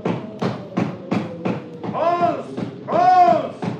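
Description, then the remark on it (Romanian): Five firm, evenly spaced knocks on a door, a steady rap-rap-rap rhythm, followed by a couple of loud, drawn-out vocal calls from a person. “Suflă vântul de parcă ar bate cineva în ușă.”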